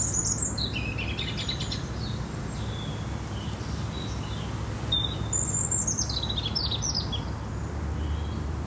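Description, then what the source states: European robin song of sweet, high, tinkling trills and slurred notes in several phrases, set against constant low-pitched background hum. In a garden; a sound that made the recordist very happy.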